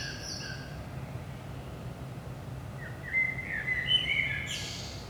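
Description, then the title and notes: Common blackbird giving one rich fluting phrase near the end, breaking into a high scratchy twitter, after a quiet stretch with faint high notes and low rumble. Recorded in Saint-Gilles, Belgium, at 5 am in the early morning; DPA 4060 microphones in AB position into a Zoom F3 recorder. "Saint-Gilles, Belgique - 5am Blackbird. Blackbird in the morning. Merle au petit matin"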